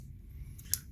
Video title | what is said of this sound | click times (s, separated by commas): Leatherman ST300M VS Gerber Centerdrive comparison | locks in place, and I'm ready to go. | 0.7 s